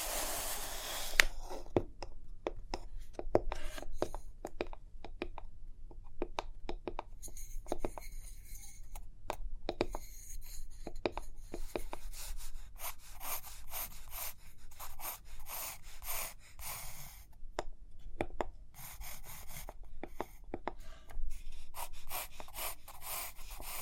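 Paper rustling and page handling with scattered taps and scratchy pen-like strokes, irregular dry bursts continuing throughout over a faint low hum.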